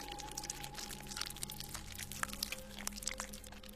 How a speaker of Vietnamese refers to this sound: Vừa đi, bà ấy vừa rút ra một nhúm trầm nụ cho vào miệng mà nhai. Âm thanh nhẻo nhạo vang lên, làm cho Tuấn bất giác rùng mình.